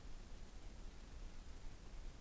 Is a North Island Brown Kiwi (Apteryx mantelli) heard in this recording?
no